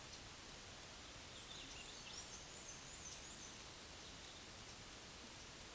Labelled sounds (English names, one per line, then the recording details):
Black-and-white Warbler song
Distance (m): 65 m
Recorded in a Pennsylvania forest on 19 May 2023 at 20:33
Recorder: AudioMoth, point grid1_5_low
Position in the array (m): 40 m, 132 m